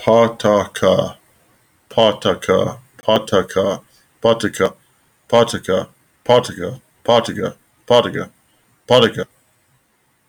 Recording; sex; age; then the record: repeated syllables /pa ta ka/; male; 40 to 49 years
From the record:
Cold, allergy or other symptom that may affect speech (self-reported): no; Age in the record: 44 years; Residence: Kentucky, United States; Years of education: 16